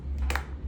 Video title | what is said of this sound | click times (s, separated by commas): Kore essentials Battle Belt & EDC Belt review and assembly. | Hear that click? | 0.3 s